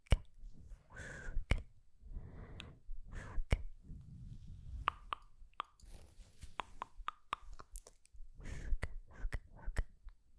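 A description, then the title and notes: Mouth-made "sk" and "tk" sounds: sharp tongue clicks, wet plops and short hissy bursts in an irregular, busy rhythm throughout. Sk Sk Tk Tk TicoTico.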